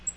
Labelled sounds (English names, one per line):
Black-throated Green Warbler flight call